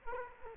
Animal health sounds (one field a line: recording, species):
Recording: mosquito wingbeat signal from an infrared sensor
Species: Culex quinquefasciatus